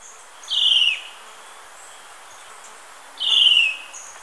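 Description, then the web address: Spotted woodcreeper calls: two strong, whistled notes sliding downward, about two and a half seconds apart, with faint high chirps and a soft insect background. Recorded in Ecuador. "Natures Songs S America Birds of Ecuador Spotted Woodcreeper"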